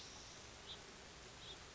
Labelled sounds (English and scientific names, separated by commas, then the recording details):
House Finch (Haemorhous mexicanus)
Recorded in Sonoma County, California